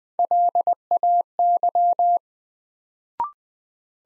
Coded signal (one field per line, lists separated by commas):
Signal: Morse code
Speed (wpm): 21 wpm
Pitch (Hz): 700 Hz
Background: none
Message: LAY